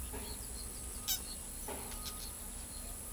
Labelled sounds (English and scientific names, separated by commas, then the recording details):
Wattled Jacana (Jacana jacana)
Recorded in pastures near Pivijay, Magdalena, Colombia, on 3 June 2023 at 08:00
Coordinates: 10.456, -74.369
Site P6-G026